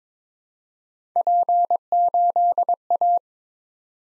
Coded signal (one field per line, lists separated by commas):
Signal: Morse code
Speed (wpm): 22 wpm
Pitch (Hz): 700 Hz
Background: none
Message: P8A